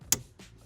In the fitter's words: You'll hear it snap in place.